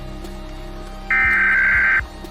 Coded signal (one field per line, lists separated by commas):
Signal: Emergency Alert System (SAME) tones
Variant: header bursts